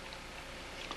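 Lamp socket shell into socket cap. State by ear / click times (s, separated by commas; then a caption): not seated / none. A metal socket shell is handled against the socket cap of a table lamp after the cord has been knotted and pulled back through. A steady broadband hiss runs throughout, with a brief sharper sound near 0.9 s. Nothing has seated or clicked yet; the shell is not yet home in the cap.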